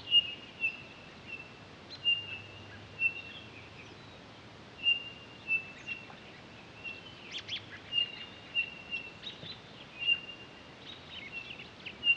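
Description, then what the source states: Townsend's solitaire producing a long string of brief, flat, high whistles at irregular spacing, with a few sharper chips and a low hum faintly present. Recorded 23 October 2011.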